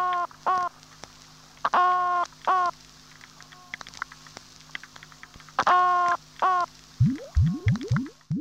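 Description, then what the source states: Toadfish grunts: short harmonic honking bursts in pairs and groups, followed near the end by a run of low, rapidly rising sweeps. Lives on the east coast of the USA; produces its sound signals with its swim bladder, which it vibrates using its trunk muscles.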